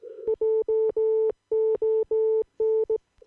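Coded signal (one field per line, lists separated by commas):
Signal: Morse code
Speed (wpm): 18 wpm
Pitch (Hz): 440 Hz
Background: none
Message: JON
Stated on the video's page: Amateur CW CQ call from Wisconsin.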